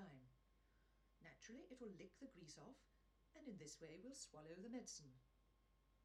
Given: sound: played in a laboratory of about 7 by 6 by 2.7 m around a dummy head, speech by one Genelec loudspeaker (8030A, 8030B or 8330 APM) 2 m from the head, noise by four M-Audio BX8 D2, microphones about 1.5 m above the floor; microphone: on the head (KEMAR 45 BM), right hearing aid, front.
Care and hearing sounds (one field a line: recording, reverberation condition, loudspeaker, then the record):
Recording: female speech in English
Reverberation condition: low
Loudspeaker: in front (0 degrees)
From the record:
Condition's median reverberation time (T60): about 310 ms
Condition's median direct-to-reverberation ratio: about 3.5 dB